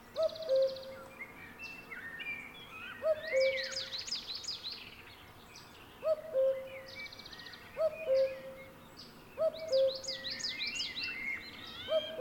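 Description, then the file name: Cuckoo sounding its two-note call at irregular intervals, alternating with bursts of bright, fast songbird trills. "minutes of cuckoos"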